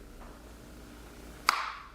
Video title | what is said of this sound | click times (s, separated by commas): BlingBox™ Kit Assembly | Then just keep pushing down until you hear the click. | 1.5 s